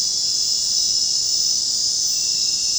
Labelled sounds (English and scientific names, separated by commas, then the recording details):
none
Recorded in dense forest near Puerto Asís, Putumayo, Colombia, on 23 June 2025 at 23:00
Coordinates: 0.499, -76.324
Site G100